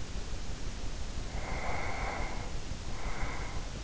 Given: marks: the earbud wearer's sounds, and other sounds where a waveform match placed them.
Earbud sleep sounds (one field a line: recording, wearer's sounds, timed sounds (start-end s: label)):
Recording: sounds in sleep by an in-ear microphone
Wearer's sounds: breath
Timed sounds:
1.25-3.84 s: breath